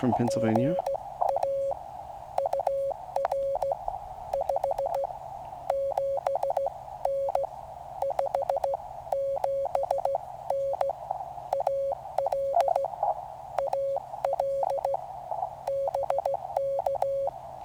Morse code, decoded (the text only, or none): GA UR 57N 57N AL AL BK